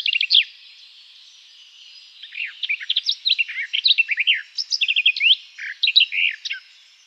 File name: Garden Warbler